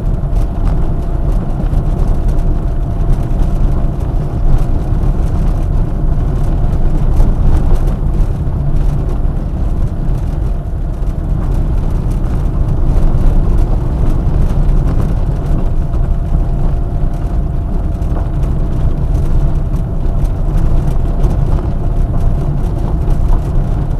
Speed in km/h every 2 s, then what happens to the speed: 30, 29, 27, 28, 29, 30, 28, 26, 24, 24, 27, 26.
0-11 steady at about 29. 11-16 slows to 24. 16-24 steady at about 24.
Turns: none.